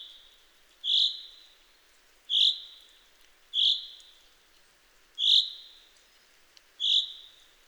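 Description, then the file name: Common chaffinch calling with bright, high single notes with trailing tails, five spaced irregularly over several seconds against a quiet backdrop. "Fringilla coelebs"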